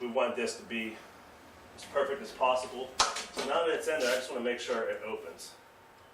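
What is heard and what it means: Someone talks while handling a folding knife clamped in a test fixture, with a brief sharp handling sound around 3.0 s. The blade is being opened toward its handle lock, but nothing has seated or clicked yet by the end of the clip.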